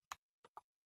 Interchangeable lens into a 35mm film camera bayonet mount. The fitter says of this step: and then twist in a clockwise motion until it clicks.